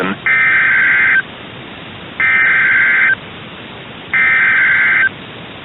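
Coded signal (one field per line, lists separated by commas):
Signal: Emergency Alert System (SAME) tones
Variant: header bursts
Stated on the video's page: Real EAS alerts received during the December 2021 derecho across Iowa.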